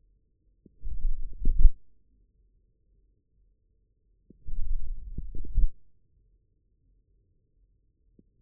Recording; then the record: forearm muscle sounds (acoustic myography)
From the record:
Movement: forearm pronation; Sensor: system 1, eight BSWA MPA416 microphones around the upper forearm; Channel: 5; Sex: male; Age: 41 years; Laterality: right